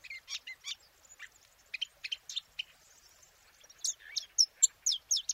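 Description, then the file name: Eurasian blackcap giving scattered high chirps, then a quieter patch, followed by a louder string of sharp notes near the end. "Sylvia atricapilla"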